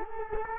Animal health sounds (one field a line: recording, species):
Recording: mosquito wingbeat signal from an infrared sensor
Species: Culex quinquefasciatus